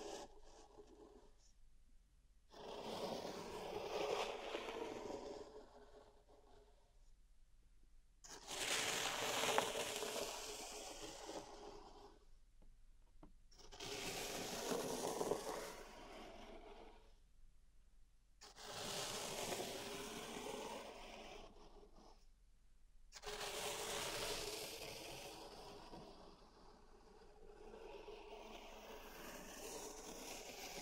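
Pink salt being raked and pushed around a zen garden, in bursts of gritty, hissing scraping that each run three to five seconds. Short stretches of near silence fall between them roughly every five seconds. The strokes swell and fade, bright and grainy throughout.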